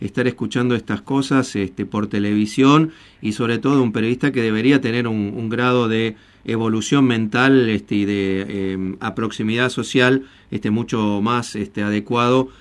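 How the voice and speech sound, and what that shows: A man speaks Spanish fluently in a steady mid-pitched voice, with brief ordinary hesitations: typical adult speech.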